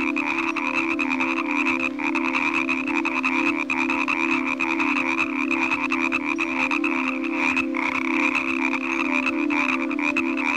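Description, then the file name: Many frogs croak together in a continuous rattling chorus, pulses packed tightly, accompanied by a constant low musical drone. Evening frog sounds. "Relaxing Nature Sounds Collection - Evening with Frog Music"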